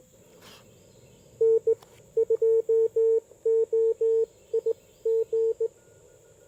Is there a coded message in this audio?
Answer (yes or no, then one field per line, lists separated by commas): yes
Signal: Morse code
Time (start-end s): 1.4-5.7 s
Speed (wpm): 17 wpm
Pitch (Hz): 450 Hz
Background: none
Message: N2OIG